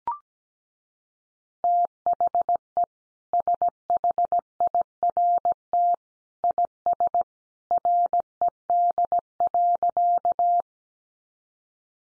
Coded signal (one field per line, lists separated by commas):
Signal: Morse code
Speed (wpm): 17 wpm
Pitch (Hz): 700 Hz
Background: none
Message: THE SHIRT IS RED.